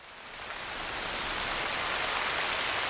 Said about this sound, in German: Der ewige Regen im Süden.